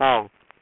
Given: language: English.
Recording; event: throat vibration sensor signal played as sound; speech